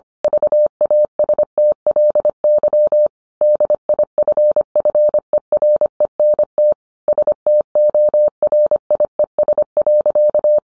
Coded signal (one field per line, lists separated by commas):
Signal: Morse code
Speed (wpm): 25 wpm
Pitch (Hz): 600 Hz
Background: none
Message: VASTLY DIFFERENT STORIES.